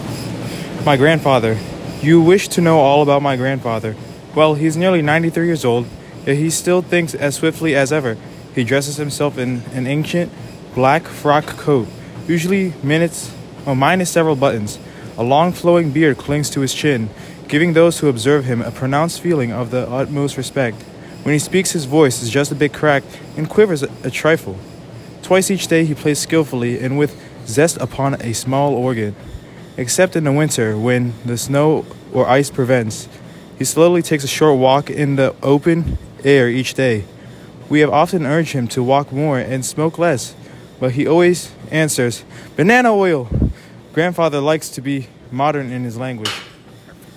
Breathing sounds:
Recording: reading aloud after running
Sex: male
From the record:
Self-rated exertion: light exertion (2 of 6)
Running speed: 6 miles an hour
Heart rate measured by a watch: 139 beats a minute at the start, 132 at the end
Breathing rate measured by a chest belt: 26 breaths a minute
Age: 18 years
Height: 175 cm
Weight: 75 kg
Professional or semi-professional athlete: no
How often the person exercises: 3 to 5 times a week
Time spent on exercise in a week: 1 to 2 hours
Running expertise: no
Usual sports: weight training, gym workouts, basketball

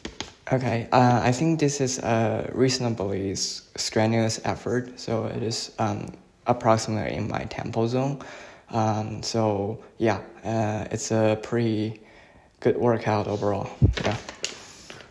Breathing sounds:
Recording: free speech after running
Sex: male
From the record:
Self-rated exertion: moderate exertion (3 of 6)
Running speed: 9 miles an hour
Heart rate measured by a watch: 92 beats a minute at the start, 96 at the end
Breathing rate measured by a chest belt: 8 breaths a minute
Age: 24 years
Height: 175 cm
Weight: 56 kg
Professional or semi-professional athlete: no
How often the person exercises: over 5 times a week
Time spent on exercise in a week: over 5 hours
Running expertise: yes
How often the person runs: over 5 times a week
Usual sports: running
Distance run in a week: 60 km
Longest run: 43 km

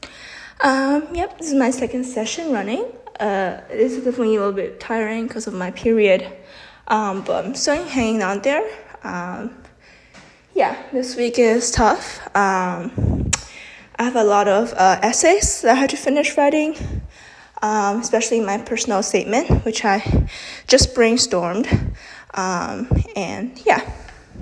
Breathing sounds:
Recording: free speech after running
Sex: female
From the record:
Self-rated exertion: moderate exertion (3 of 6)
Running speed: 5 miles an hour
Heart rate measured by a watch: 141 beats a minute at the start, 135 at the end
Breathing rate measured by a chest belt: 21 breaths a minute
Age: 18 years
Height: 171 cm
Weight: 75 kg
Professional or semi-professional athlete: no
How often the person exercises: 1 to 2 times a week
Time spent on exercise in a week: under 1 hour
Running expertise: no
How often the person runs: 1 to 2 times a week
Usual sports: running, fencing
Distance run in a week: 3 km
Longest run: 21.3 km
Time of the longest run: 190 minutes

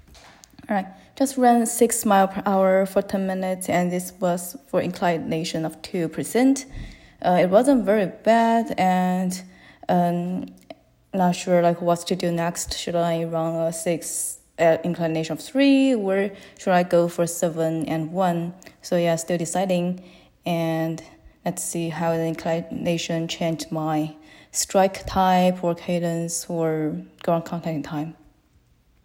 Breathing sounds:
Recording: free speech after running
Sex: female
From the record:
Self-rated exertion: light exertion (2 of 6)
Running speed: 6 miles an hour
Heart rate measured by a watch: 117 beats a minute at the start, 115 at the end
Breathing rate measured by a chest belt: 14 breaths a minute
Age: 28 years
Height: 155 cm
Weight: 44 kg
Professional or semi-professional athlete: no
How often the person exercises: 3 to 5 times a week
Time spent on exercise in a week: over 5 hours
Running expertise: yes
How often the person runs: 3 to 5 times a week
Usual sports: running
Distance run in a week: 45 km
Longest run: 32 km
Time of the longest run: 200 minutes

